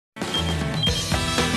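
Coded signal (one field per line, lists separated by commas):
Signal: none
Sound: talk show intro music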